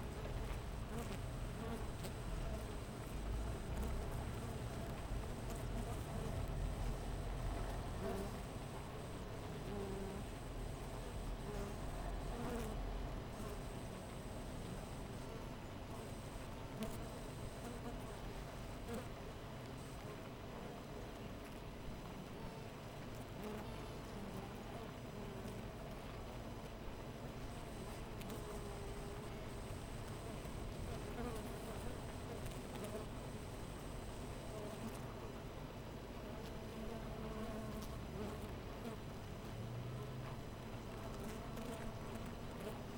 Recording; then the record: honeybee colony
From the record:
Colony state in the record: missing queen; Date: 14 July 2017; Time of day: 5:43